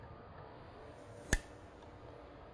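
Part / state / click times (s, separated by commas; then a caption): replacement battery into its holder in the cobot / seated / 1.3 s. A replacement battery pack is pushed back into its holder in a FANUC CRX cobot during a battery replacement. Against a low, steady background, a single sharp click sounds at 1.3 s as the pack snaps back into place and seats.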